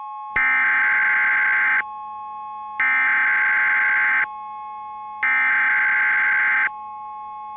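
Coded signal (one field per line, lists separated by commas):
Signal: Emergency Alert System (SAME) tones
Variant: header bursts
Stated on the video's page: Simulated EAS scenario.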